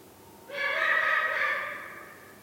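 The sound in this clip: Eagle-owl giving one long, harsh, nasal wail, level in pitch and slowly fading after about a second, against a quiet background.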